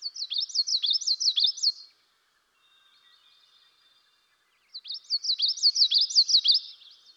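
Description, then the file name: Common yellowthroat song: a rolling phrase repeated several times in a quick burst, a pause of a few seconds, then a second matching burst. "dan gibsons solitudes common yellowthroat"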